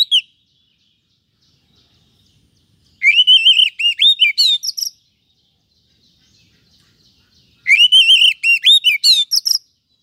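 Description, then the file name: Oriental magpie-robin singing two similar bursts of rolling, wavering whistles mixed with rasping notes, roughly five seconds apart. "Suara-Kacer-Versi-1"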